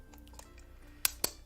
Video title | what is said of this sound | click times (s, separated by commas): Live Room Build with WarLock Tiles III - Angles Expansions | And it's just a matter of putting pressure on and it all clicks into place. Ta-da! | 1.1 s, 1.2 s